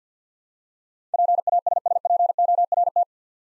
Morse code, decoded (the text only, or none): PASSPORT